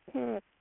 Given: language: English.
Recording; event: throat vibration sensor signal played as sound; speech